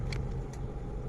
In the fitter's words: just സ്കൂട്ടറിന്റെ flat ആയിട്ട് ഉപയോഗിച്ച് just ഒന്ന് പ്രസ്സ് ചെയ്തു കൊടുത്തു കഴിഞ്ഞാൽ ആ ലോക്ക് ഓപ്പൺ ആയി നമുക്ക് ആ ഈ സ്വിച്ച് പുറത്തേക്ക് ഊരിയെടുക്കാൻ പറ്റും